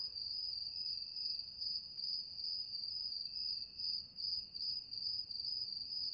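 Cricket calling with an unbroken shrill trill that barely varies in pitch, pulsing lightly throughout, over a low rumbling background.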